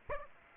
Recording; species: mosquito wingbeat signal from an infrared sensor; Aedes aegypti